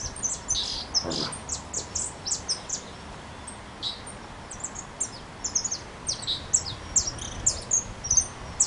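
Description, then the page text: Saffron finch calling with bright, high chirps in irregular clusters, brief pauses between runs, over a low hiss. Subspecies pelzelni; adult male, wild, recorded 23 December 2011 at Manuel B. Gonnet, Buenos Aires, Argentina. "Jilguero Dorado (Sicalis flaveola). Sicalis flaveola pelzelni Jilguerito. Juan Kulichevsky"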